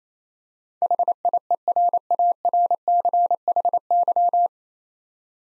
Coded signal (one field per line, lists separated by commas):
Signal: Morse code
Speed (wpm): 28 wpm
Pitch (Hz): 700 Hz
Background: none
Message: HIERARCHY